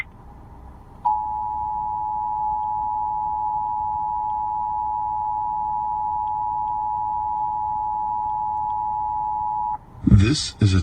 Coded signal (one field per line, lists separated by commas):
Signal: Emergency Alert System (SAME) tones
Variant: 853 and 960 Hz attention tone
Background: speech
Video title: SiriusXM EAS Test 10/3/18